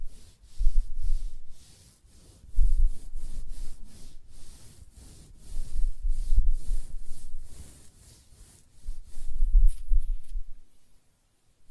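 Close-up hair being brushed and scratched: quick, regular strokes of soft hissing, several per second, with dull low rumbles swelling in waves around the second, sixth and tenth seconds. The strokes thin out and the sound falls nearly silent in the final second.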